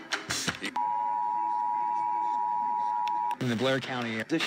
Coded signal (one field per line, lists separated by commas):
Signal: Emergency Alert System (SAME) tones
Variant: 853 and 960 Hz attention tone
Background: speech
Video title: PA Required Monthly Test (1/24/19)